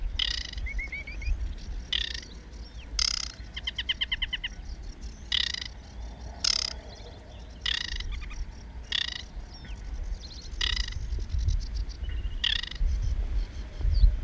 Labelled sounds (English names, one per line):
Aquatic Warbler song